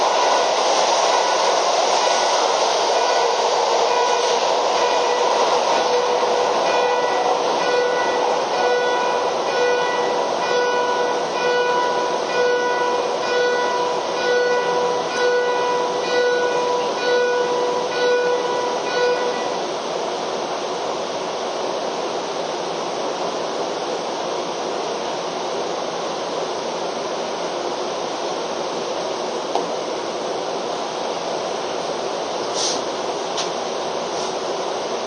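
A Keio 5000 series train rolls along with a steady, dense rush of running noise. For the first twenty seconds, a set of even motor whine tones rides on top; then they fade out and a slightly quieter, unbroken hiss carries on to the end.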